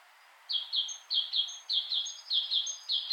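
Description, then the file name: Great tit giving a brisk run of paired, slightly falling notes, about five pairs in under three seconds, with faint high thin tones above them. "Parus major"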